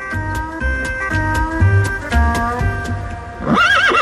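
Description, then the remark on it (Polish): A steady, rapid drumming of hooves as a rider spurs a horse into a gallop, then a loud, shrill horse whinny rising and wavering at the end. “Wtedy Jan wydał lekki okrzyk, wspiął konia ostrogą, rzucił go w galop i zniknął.”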